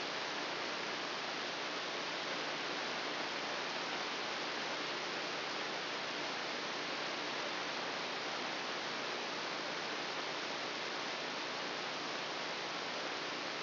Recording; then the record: brain microelectrode recording played as sound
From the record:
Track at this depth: inside the subthalamic nucleus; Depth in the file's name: 3.108 mm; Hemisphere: left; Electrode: 2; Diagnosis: Parkinson's disease